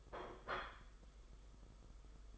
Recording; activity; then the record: daily activity, microphone in the room; place plate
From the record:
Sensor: 5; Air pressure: 991.0 hPa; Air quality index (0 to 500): 138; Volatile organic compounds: 93 ppm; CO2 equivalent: 3707 ppm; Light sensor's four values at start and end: 38/119/45/49 and 38/119/45/49